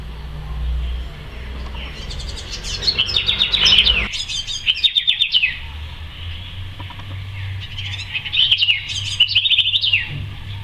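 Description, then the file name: House wren song: two bubbling, rapid chattering phrases of buzzy trills and warbles, the second near the end, over low background hum. Song of the house wren, named locally as cucarachero. "Canto del Cucarachero (Troglodytes aedon )"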